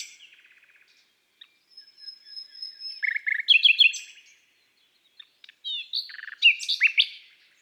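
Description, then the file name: Common nightingale song opening with a soft rattle and a long thin whistle, then a dense cluster of sharp notes and another varied burst after a pause. From an album of bird songs of woods and forests. "Rossignol philomele Chants doiseaux des bois et des forets"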